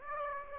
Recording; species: mosquito wingbeat signal from an infrared sensor; Aedes aegypti